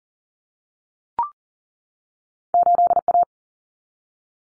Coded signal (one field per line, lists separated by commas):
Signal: Morse code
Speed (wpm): 40 wpm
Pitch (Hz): 700 Hz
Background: none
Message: 8A